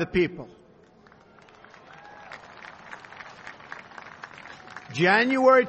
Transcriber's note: applause